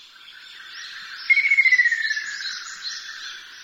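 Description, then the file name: Ruddy kingfisher, a single loud falling trill of fast even pulses lasting about a second, set against continuous high-pitched insect buzzing and chirps. "akashobin"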